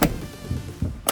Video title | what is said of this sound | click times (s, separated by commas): Body Filler Failure, Sunroof Success and Interior Re-Install (A250 AMG Sports Part 4) | Did you hear that? Click. Click. Oh, yeah. Two covers. | 0.0 s, 1.1 s